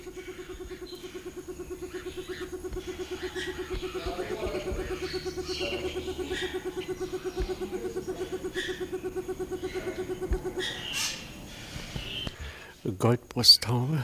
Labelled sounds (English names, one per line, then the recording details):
Cinnamon Ground Dove call
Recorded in captivity
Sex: male
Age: adult
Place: Zoo Berlin, Berlin, DE
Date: 2001-03-20 12:53
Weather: partly sunny, 0-2°C
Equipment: Nagra SN, Kopie Uher 4000 Report Monitor
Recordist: Tembrock, Günter